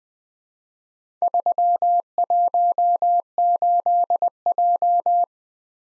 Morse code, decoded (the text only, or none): 318J